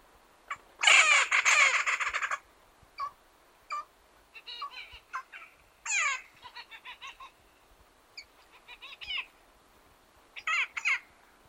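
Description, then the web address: Woodpecker giving harsh, squawking calls, a dense burst of rasping notes at first, then scattered shorter squawks in uneven groups. Patagonia. "Carpintero, sonidos-de-la-patagonia"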